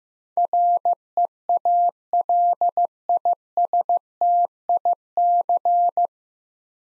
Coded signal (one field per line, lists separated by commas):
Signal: Morse code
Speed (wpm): 15 wpm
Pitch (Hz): 700 Hz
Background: none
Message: REALISTIC